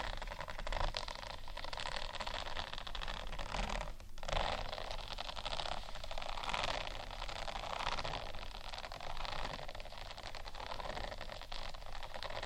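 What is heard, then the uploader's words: Textured sheets are scratched in a steady, dense rasping that barely lets up over the twelve seconds. The rough texture swells and eases in a loose rhythm, with a brief break in the scratching around four seconds before it resumes at the same level. ASMR Scratching Textured Sheets Over Felix（No Talking）.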